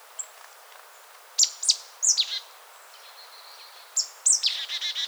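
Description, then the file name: Marsh tit calls: two clusters of sharp high downslurred notes, the second trailing into a short series of buzzy notes. "Poecile palustris"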